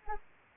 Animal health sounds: mosquito wingbeat signal from an infrared sensor; Anopheles arabiensis

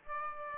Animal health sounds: mosquito wingbeat signal from an infrared sensor; Aedes aegypti

